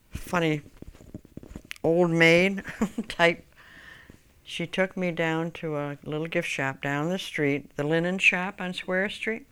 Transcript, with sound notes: funny old maid (she laughs) She took me down to a little gift shop down the street, the Linen Shop on Square Street,